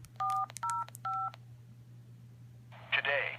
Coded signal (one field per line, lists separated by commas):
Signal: DTMF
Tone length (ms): 250 ms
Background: speech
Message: 405